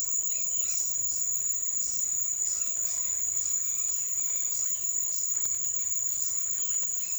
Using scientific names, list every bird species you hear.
none